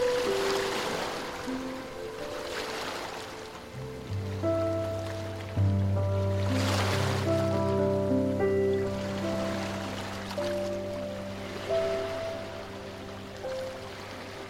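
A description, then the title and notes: Soft piano notes ring out over a constant wash of ocean waves. Sustained low bass tones enter around four seconds and swell near six, while slow surges of surf rise and fall at about two, seven and twelve seconds. Piano & Ocean Sounds. The sparkling waves gently kiss the shore.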